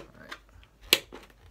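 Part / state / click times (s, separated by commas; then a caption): face shield visor from headgear top slot / released / 0.9 s. While a plastic anti-fog/hardcoat visor is being fitted into the headgear of a Uvex S8510 Bionic Shield face shield, faint rustling and small ticks are heard. At 0.9 s a sharp, loud pop marks the top of the visor coming out of its slot in the headgear. The visor pops out because it was not put into the top part.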